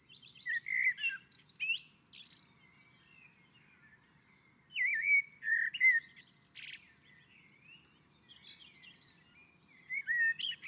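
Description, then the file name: Common blackbird song: relaxed whistled phrases of rich notes, each trailing into thin high chatter, about three phrases with pauses between. On a roof. "Koltrast på taket"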